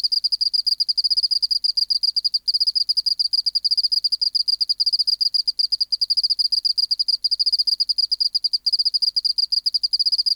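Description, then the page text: Oceanic field cricket singing a sustained fast pulsing trill, clear and high-pitched, with occasional momentary gaps. Specimen NHMUK BMNH(E) 010211120 recorded by W. J. Reynolds in the BMNH Acoustic Laboratory, 19 March 1984, 11:15, at 24 °C, 30% humidity, still air, dim light. "412:14 Teleogryllus oceanicus (514r2). BioAcoustica. Natural History Museum Sound Archive. Recording Location: BMNH Acoustic Laboratory Recorded by: W. J. Reynolds Date Recorded: Mandag, marts 19, 1984 Local time: 1115"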